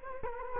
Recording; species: mosquito wingbeat signal from an infrared sensor; Culex quinquefasciatus